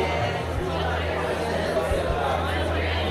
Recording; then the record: background sound without coughing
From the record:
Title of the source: CITY SOUNDS Busy Bar in the Evening Night - 2 HOURS of Ambiance for Relaxation